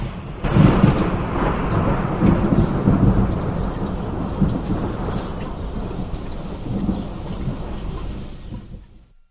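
A thunderstorm: deep rolling thunder rumbles on continuously beneath steady, hissing rain, loud and dense throughout before easing off at the very end.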